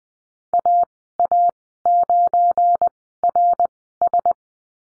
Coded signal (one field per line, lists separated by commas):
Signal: Morse code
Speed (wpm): 20 wpm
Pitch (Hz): 700 Hz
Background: none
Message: AA9RS